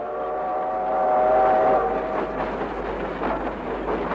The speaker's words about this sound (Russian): Протяжный гудок поезда заставил всех замолчать.